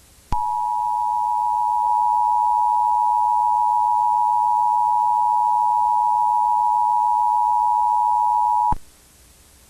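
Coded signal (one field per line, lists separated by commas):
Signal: Emergency Alert System (SAME) tones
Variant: 853 and 960 Hz attention tone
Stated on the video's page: Fictional EAS scenario about a cursed moon.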